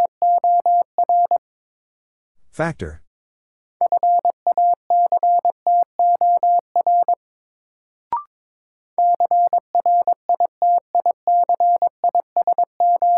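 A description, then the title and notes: Morse code beeps in a single steady mid-pitched tone, sent in quick bursts of short and long pulses. The keying pauses twice: around 2.5 seconds a brief rustling noise sweeps in, and near 8 seconds a sharp click sounds before the beeping resumes. First, the word is sent in Morse code.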